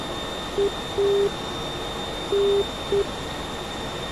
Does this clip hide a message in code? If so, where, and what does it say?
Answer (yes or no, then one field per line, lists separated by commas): no